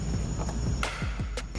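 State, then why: Seated. A single-zone AC turn knob is pressed into the plastic dash kit of a 2003–2007 Honda Accord during radio replacement. A sharp snap is heard at 0.8 s as the knob seats, followed by a fainter tap later. The knob is confirmed snapped into place.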